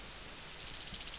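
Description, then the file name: Bolivar's grasshopper singing: after a brief quiet start, a rapid series of high rasping pulses begins and continues to the end. "Omocestus bolivari"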